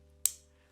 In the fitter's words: satisfying click